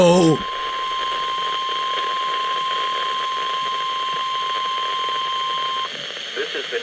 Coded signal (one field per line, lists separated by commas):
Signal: Emergency Alert System (SAME) tones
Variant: 1050 Hz attention tone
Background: speech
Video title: GRADUATION | EAS Tests from 5/26/21 | EAS #264-268